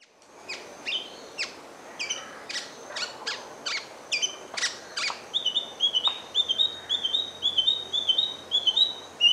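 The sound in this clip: Large-billed scrubwren calls: a run of sharp, high ticking chips, then a quick chattering series of thin whistled notes.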